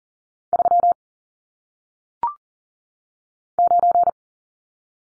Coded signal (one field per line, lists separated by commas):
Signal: Morse code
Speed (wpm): 41 wpm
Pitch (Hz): 700 Hz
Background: none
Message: 3 9